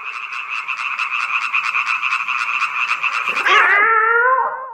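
Frogs croak in a loud, steady stream of rapid pulsing trills, then shift near the end into a few drawn-out, wavering calls that slide downward in pitch.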